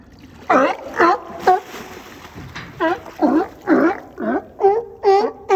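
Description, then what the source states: Sea lion croaking: hoarse, honking barks repeated about twice a second after a brief quiet start, broken by a pause of about a second before the series continues. Two sea lions at a dock: one surges up onto it while the other swims back and forth, croaking.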